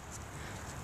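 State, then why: Not seated. A tent rainfly clip is pushed one-handed against the lower telescoping pole of a 12-person instant tent, but it fails to clip on and nothing has seated or clicked. Only a steady, broadband rustling wash with low rumble runs through the clip, with no distinct snap.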